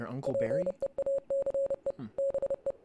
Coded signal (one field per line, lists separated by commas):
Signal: Morse code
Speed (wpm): 30 wpm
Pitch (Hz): 550 Hz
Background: speech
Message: PEACE BE